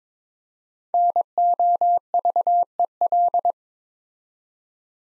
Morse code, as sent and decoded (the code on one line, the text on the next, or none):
-. --- ...- . .-..
NOVEL